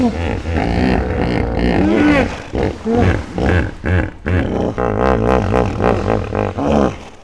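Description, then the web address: Hippopotamus giving deep, rough roaring grunts in a rapid pulsed series, with several overlapping bursts and short pauses between them. "Rain Forest Canopy. hippo"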